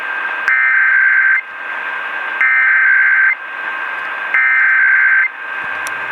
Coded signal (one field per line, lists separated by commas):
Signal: Emergency Alert System (SAME) tones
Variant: header bursts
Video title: This is THE Maryland. | EAS #15-19 | Required Monthly Test (RMT) | May 27th, 2026